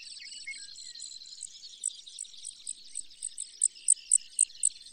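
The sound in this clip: Brewer's sparrow song, fairly faint: a soft buzzy trill followed by a run of thin, high notes repeated several times a second.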